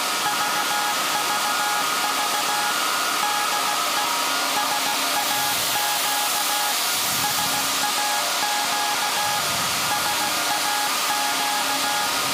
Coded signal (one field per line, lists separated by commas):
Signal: Morse code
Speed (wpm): 16 wpm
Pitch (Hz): 830 Hz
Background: music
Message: VVV DE SAQ SAQ SAQ